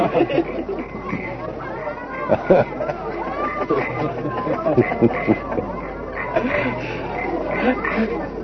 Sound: laughter

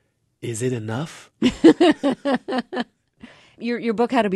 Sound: soundbite of laughter

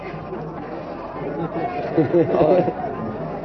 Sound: laughter

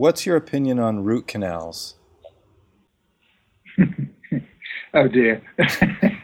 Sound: laughs

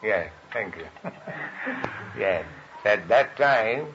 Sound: chuckles

